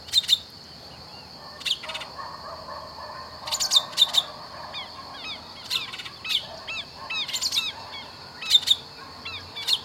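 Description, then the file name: Thrush song: varied whistled and slurred phrases in bursts, with sharp high notes and a steady high-pitched drone behind. "Canto do sabia de peito amarelo"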